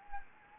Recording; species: mosquito wingbeat signal from an infrared sensor; Anopheles gambiae